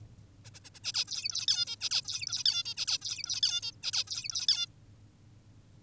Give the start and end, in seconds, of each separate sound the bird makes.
0.45-0.50, 0.54-0.60, 0.65-0.70, 0.75-0.79, 0.84-0.92, 0.94-1.05, 1.08-1.46, 1.48-1.66, 1.67-1.76, 1.81-1.90, 1.91-2.02, 2.05-2.44, 2.46-2.64, 2.65-2.74, 2.77-2.86, 2.88-2.98, 3.02-3.41, 3.43-3.61, 3.63-3.72, 3.83-3.92, 3.93-4.04, 4.07-4.47, 4.48-4.66